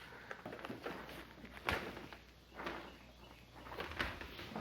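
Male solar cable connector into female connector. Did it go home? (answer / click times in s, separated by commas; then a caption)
no / none. A male plastic MC4 solar cable connector is handled near its female connector before being pushed in to lock. Soft handling taps and rustles are heard, with sharper knocks around 0.3, 1.7, 2.7, 3.8 and 4.0 seconds. Nothing has seated or clicked yet.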